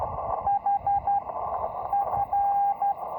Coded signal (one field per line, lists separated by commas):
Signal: Morse code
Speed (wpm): 12 wpm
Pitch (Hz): 800 Hz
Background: radio noise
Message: HF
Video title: The Coolest Location For A First CW POTA Activation